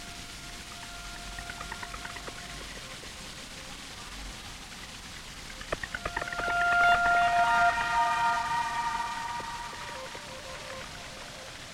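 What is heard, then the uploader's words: A steady hiss of splashing fountain water is mixed with synthesizer tones: a held note and scattered plucked blips early on, then a denser cluster of bright pulsing tones swelling from about six seconds and thinning out toward the end. Excerpt from improvised sound performance at Institute of Visual Art, Milwaukee, WI. Live processing of the sound of a water fountain located in a public plaza was mixed together with field recordings and synthesizer sequences to create an ambient soundscape that was performed and played back in the same public space.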